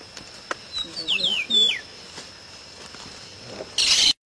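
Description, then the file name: Pedro-ceroulo singing a brief phrase of quick descending whistles and chips, then quiet, ending in a loud burst of hissing noise, with a constant high whine behind. "Canto do pedro ceroulo"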